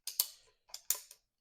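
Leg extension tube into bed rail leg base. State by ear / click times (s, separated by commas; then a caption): seated / 0.9 s. The extension tube of a metal Agrish bed-rail leg is slid into the leg base, making a series of sharp metallic clicks around 0.1, 0.2 and 0.7 seconds. At 0.9 seconds the spring push-pin pops into a height hole with the loudest click, followed by a faint tick at 1.1 seconds. The leg extension is seated.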